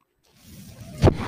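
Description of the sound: Low rising airflow whoosh ending in a brief louder puff: a home mechanical ventilator delivering a breath.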